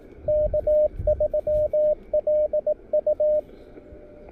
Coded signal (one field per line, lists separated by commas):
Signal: Morse code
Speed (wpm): 20 wpm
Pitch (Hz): 600 Hz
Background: radio noise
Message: K3LU